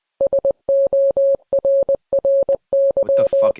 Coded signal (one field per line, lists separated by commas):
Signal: Morse code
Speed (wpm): 20 wpm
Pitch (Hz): 550 Hz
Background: none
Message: SORRY